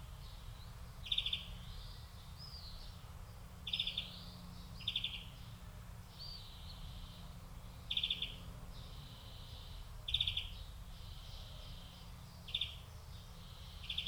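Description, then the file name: European greenfinch calling: brief bright chirp clusters repeated at irregular intervals of a few seconds, over a constant low hum. "Chloris chloris"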